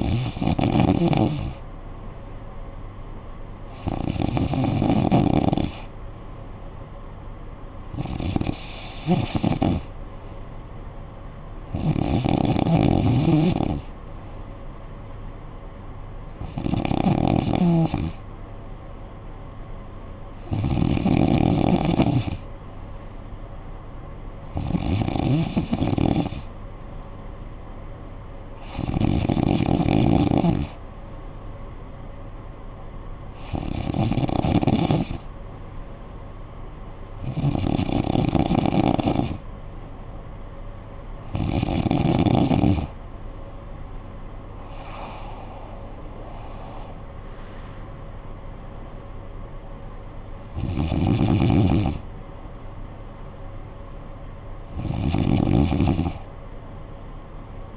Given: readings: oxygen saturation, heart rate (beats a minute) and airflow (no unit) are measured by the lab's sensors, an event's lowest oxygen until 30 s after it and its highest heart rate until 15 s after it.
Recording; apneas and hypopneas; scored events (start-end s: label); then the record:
breathing in sleep by a smartphone at the bedside; 1
34.00-45.10 s: hypopnea (N2, oxygen 94% highest, then 92% lowest, heart rate 61 at the start, 76 highest)
From the record:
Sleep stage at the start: N2 (light sleep); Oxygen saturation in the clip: 92 to 94%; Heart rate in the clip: 53 to 76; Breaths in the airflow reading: 14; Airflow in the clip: -11.9 to 9.2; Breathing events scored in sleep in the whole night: 445 in 7.6 hours asleep